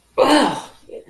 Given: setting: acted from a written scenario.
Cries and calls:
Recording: vocal sound without words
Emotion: ecstasy

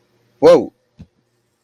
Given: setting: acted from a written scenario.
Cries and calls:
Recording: vocal sound without words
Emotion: fear

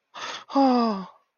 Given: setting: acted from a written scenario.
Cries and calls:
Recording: vocal sound without words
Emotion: romantic love

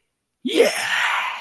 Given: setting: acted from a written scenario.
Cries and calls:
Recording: vocal sound without words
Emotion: triumph

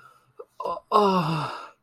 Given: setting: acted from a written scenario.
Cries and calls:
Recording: vocal sound without words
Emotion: ecstasy

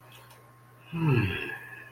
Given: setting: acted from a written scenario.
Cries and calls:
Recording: vocal sound without words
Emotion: serenity

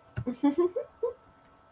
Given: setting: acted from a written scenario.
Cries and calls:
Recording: vocal sound without words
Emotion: romantic love

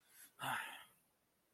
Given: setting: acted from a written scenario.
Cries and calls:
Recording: vocal sound without words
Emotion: anger

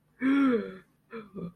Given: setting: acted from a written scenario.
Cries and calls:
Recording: vocal sound without words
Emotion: distress

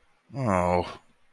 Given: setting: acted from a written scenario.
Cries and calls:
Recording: vocal sound without words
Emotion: disappointment

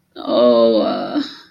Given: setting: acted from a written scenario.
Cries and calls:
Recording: vocal sound without words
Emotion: shame

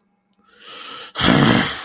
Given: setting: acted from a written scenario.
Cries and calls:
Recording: vocal sound without words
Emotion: anger

